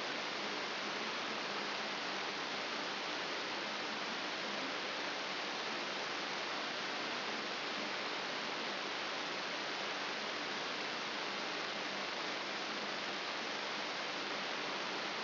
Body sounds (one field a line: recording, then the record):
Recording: brain microelectrode recording played as sound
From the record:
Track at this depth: inside the subthalamic nucleus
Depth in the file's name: 2.504 mm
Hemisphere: left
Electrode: 3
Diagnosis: Parkinson's disease